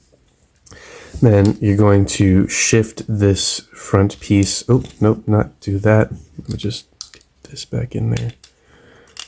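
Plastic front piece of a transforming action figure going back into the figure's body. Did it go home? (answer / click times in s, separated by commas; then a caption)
yes / 9.2 s. Someone talks while moving the plastic front piece of a transforming action figure, a Transformers Studio Series 86 Jazz, the wrong way, then pushes it back into the figure's body. A few soft handling noises follow, and the piece snaps back into place with a sharp plastic click at 9.2 s, fully seated.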